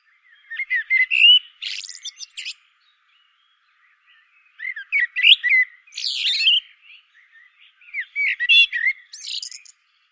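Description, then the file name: Common blackbird song: three phrases of fluted, warbling notes, each ending in a high, squeaky twitter, separated by short pauses. "Turdus merula"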